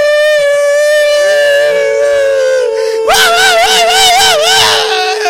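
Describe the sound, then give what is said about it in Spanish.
Coyotes howl under a full moon in long, sustained tones that slowly glide downward, then break into a loud, wavering, yipping chorus of overlapping voices with no talking. “Están aullantes los coyotes deseando de salida.”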